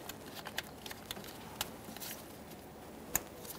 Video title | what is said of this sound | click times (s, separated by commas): How to Replace Intake Gaskets 2011-2020 Toyota Sienna 3.5L V6 | Press it in, listen for a click, make sure it's secured. | 3.2 s